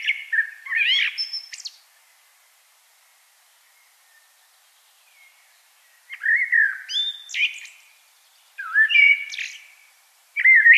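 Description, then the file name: Common blackbird singing short fluted phrases with high squeaky endings, a four-second gap after the first, then several phrases in quick succession. "Turdus merula"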